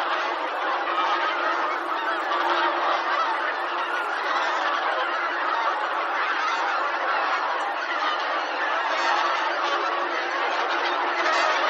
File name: hisikui